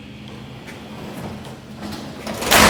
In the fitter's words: apart and if you heard it clicked it is now locked in here